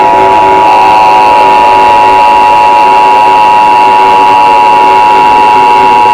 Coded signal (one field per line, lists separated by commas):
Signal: Emergency Alert System (SAME) tones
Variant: 853 and 960 Hz attention tone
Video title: EAS scenario 4: whitty’s explosion part 2